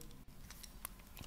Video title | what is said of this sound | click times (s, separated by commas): HELLBOY ME MET EN PLS !!! - Review & Unboxing FR - BLITZWAY - HELLBOY 2 : THE GOLDEN ARMY 1/4 | tac donc bien la faire glisser c'est ce qu'ils disent hop là voilà et ensuite remettre l'arme honnêtement | 0.8 s